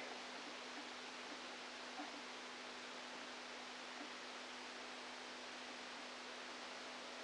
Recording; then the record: brain microelectrode recording played as sound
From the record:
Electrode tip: outside the subthalamic nucleus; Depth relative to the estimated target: -8 mm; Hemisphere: left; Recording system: NeuroSet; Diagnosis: Parkinson's disease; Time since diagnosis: 13 years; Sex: male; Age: 49 years